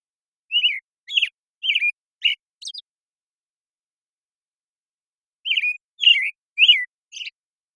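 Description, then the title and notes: American Robin song with a burst of five whistled notes ending in thin high squeaks, a pause of nearly three seconds, then four more similar notes. Morning song in a very long sequence, made with a parabolic recorder and processed clean with natural pacing kept; Pacific Northwest, Washington, United States. "American Robin Morning Song. American Robin, Turdus migratorius, morning song, very long sequence, parabolic recording. Recorded in the beautiful Pacific Northwest, Washington, United States"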